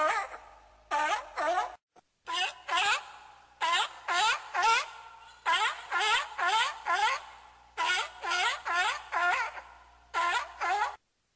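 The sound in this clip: Seal cries, a run of bleating, wavering harmonic calls, each dipping and rising, delivered in quick groups of two to four with one brief break.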